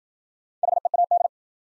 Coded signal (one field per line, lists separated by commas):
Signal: Morse code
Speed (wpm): 51 wpm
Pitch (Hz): 700 Hz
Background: none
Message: HEAD